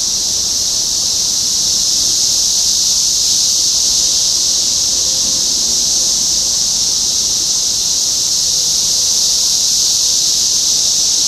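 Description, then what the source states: Cicadas droning in a steady, unbroken high-pitched buzz that holds its level throughout. Topeka, Kansas, 14 June 2015.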